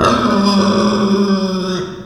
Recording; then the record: squeal of a Yucatan mini pig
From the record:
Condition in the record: after surgery on the right vocal fold (resection and tissue-engineered implant); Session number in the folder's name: 15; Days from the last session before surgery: 175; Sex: female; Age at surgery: 19 weeks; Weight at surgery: 25 kg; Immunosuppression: prednisolone